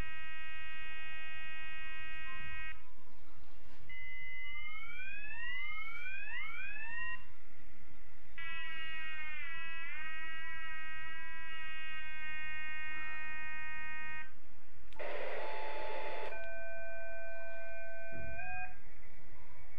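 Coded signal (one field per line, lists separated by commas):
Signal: radar signal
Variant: over-the-horizon radar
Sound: buzzy harmonic tone that holds, slides upward, shifts pitch, with one short hiss burst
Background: radio static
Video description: finally the signal has been recognized-- we heard the Iranian Over The Horizon Radar (OTHR).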